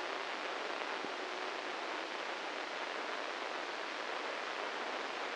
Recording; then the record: brain microelectrode recording played as sound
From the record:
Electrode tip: inside the subthalamic nucleus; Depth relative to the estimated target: 2 mm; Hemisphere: right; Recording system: NeuroSet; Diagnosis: Parkinson's disease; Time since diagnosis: 15 years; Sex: male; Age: 65 years